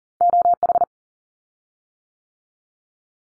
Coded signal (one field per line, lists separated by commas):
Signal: Morse code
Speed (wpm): 41 wpm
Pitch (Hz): 700 Hz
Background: none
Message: O H